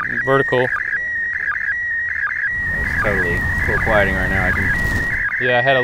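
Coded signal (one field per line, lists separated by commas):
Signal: SSTV (slow-scan television)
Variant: PD 180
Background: speech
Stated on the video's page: SSTV images received from the ISS during the April 2016 ISS SSTV event.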